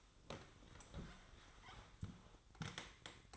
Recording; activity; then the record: daily activity, microphone in the room; sit down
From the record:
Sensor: 3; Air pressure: 1005.0 hPa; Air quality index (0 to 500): 86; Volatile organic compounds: 3 ppm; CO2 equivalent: 1324 ppm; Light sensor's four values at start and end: 9/22/9/9 and 9/21/9/9